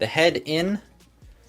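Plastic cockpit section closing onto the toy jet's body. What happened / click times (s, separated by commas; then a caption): Plastic parts handled, nothing seated yet / none. Someone talks for the first 0.8 seconds while handling a Transformers Gamer Edition Voyager Starscream toy jet, flipping the head in before the plastic cockpit section closes onto the body. Quiet handling noise follows to the end, and nothing has seated or clicked yet.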